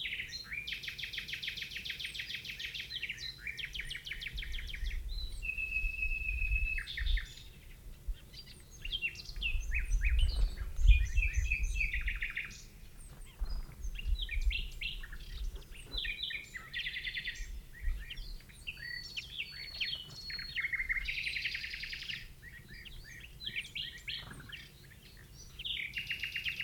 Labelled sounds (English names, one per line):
Rock Bunting call